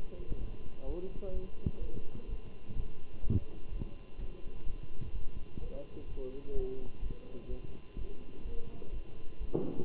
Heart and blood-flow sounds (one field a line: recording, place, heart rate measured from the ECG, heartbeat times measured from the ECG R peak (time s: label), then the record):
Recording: heart sounds by stethoscope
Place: between the tricuspid and mitral areas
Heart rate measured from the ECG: 127 bpm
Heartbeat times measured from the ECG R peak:
0.39 s: heartbeat
0.85 s: heartbeat
1.33 s: heartbeat
1.80 s: heartbeat
2.28 s: heartbeat
2.75 s: heartbeat
3.22 s: heartbeat
3.71 s: heartbeat
4.18 s: heartbeat
4.65 s: heartbeat
5.13 s: heartbeat
5.60 s: heartbeat
6.07 s: heartbeat
6.54 s: heartbeat
7.01 s: heartbeat
7.49 s: heartbeat
7.97 s: heartbeat
8.44 s: heartbeat
8.92 s: heartbeat
9.39 s: heartbeat
From the record:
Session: Bruce protocol treadmill stress test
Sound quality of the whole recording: good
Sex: male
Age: 23 years